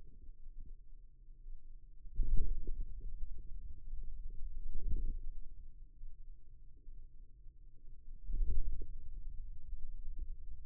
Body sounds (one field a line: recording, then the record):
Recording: forearm muscle sounds (acoustic myography)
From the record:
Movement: hand closing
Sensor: system 2, bracelet of six BSWA MPA416 microphones around the upper forearm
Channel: 2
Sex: male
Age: 22 years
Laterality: right